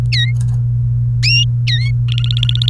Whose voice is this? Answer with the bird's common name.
Domestic Canary